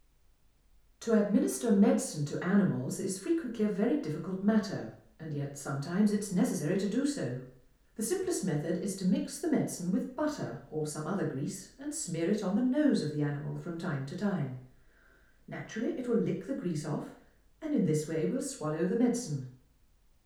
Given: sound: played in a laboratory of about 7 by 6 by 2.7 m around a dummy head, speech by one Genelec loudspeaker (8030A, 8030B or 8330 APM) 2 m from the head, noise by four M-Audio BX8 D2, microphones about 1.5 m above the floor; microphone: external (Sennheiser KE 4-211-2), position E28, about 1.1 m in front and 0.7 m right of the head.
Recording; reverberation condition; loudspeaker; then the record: female speech in English; medium; 120 degrees to the right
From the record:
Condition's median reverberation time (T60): about 510 ms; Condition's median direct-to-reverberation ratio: about -0.5 dB